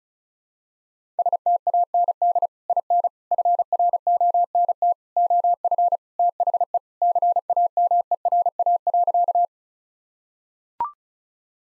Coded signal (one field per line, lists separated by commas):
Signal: Morse code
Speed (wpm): 36 wpm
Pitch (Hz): 700 Hz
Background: none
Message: STAND IN FRONT OF THE CAMERA.